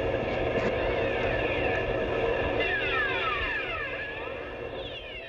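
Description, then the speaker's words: Ross seal underwater sounds: many descending and rising sweeping tones crossing one another, eerie and siren-like, over continuous noisy hiss. Under Antarctic ice; a very ethereal sound, likened to something heard on a radio telescope. "The other seals that you hear, the Ross seal, sounds like something you'd expect to hear on a radio telescope."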